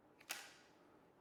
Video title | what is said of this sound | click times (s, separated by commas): Detailed Up Close Look - Flex 24V Trim Router | unlocked now we just hit these two tabs with our fingers | 0.3 s